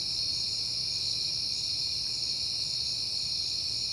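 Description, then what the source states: Crickets sing in an even, high-pitched wall of chirping, a steady pulsing texture with a quiet low drone underneath. Crickets on a peaceful night in September.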